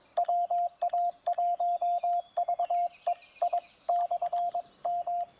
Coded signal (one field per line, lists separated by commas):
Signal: Morse code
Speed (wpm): 21 wpm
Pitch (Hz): 700 Hz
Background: radio noise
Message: WA1VEI/M